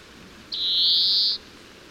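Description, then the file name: European greenfinch wheeze: one harsh, nasal, sustained buzz of nearly a second, even in pitch, then silence. "Chloris chloris"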